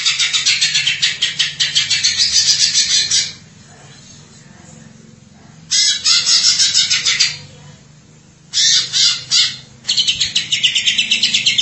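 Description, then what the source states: Greater Green Leafbird making loud rasping, rapidly pulsed chatter in long runs, with a quiet gap of about two seconds and a shorter one later, each followed by the bursts resuming. Chirping song; long-duration recording.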